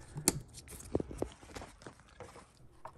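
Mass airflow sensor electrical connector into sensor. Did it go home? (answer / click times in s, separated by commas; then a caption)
yes / 0.3 s. The plastic electrical connector for the mass airflow sensor on the intake tube is pushed back onto the sensor during intake manifold reinstallation on a 2015–2020 GM 5.3L/6.2L Yukon, Tahoe, Silverado, Sierra or Suburban. It latches with one sharp, bright click at 0.3 s, followed by softer handling clicks and rustling. The connector is seated.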